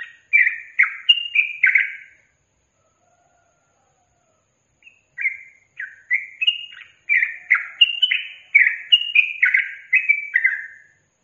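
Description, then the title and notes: Yellow-vented bulbul gives a short burst of slurred notes, pauses, then a longer rapid chattering phrase of bubbly rising and falling notes. Master recording for training captive birds; song in the tembakan and ropel styles. "MASTERAN Trucukan Tembakan Dan Ropel. BURUNG TRUCUKAN"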